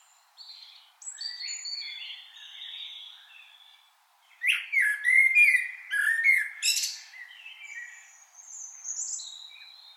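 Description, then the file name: Common blackbird song phrase, a rich warble followed by thin, rapid high twitters, with quieter drawn-out whistles before and after. "Turdus merula"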